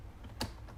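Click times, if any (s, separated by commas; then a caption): 0.4 s. A plastic cutting/scoring arm of a Stampin' Up paper trimmer is lowered onto the base over card stock. It snaps into its base lock with one sharp click at 0.4 s after a faint tick at 0.2 s, and it is locked in place.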